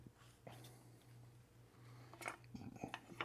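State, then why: Not seated. Someone pushes on the back side of a metal snap ring (C-clip) on the turbo charge pipe coupling of a 2025 Explorer ST, fitted with a FenFab cold-side charge pipe and BOV, to get it into its groove. A steady low hum runs throughout, with a few short, sharp ticks and taps between about 2.1 and 3.3 seconds. Nothing has seated or clicked yet: the snap ring still rolls around and is not seated.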